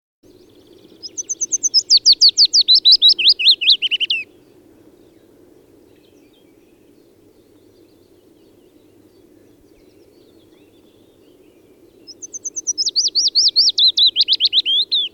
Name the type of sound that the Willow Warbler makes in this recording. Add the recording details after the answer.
song. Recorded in the wild. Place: Groß Nemerow, Mecklenburg-Vorpommern, DE. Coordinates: 53.345, 13.205. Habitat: Forest. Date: 1982-04-26. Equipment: Nagra III BH, Sennheiser MD 21, parabola. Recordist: Schubert, Michael. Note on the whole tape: Gesang Fitis